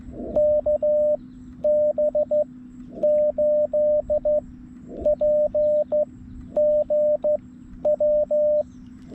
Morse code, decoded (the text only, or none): KB8PGW